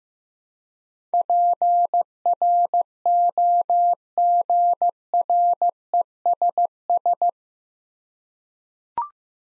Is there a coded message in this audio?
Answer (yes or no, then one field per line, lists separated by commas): yes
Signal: Morse code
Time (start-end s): 1.1-7.3 s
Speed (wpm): 15 wpm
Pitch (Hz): 700 Hz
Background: none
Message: PROGRESS